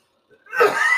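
One abrupt, harsh, congested cough burst from an adult man with a nasty head cold, coming after a brief silence and cut off at the end.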